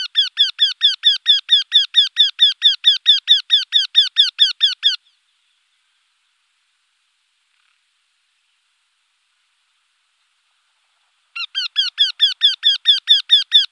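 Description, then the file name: Eurasian wryneck: a fast, even run of repeated notes, then about six seconds of silence before another run begins. "torcicollo"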